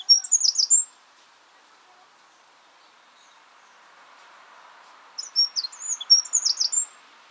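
Eurasian wren song: two bursts of high, sharp notes, one at the start and another near the end, separated by quiet with a faint hum.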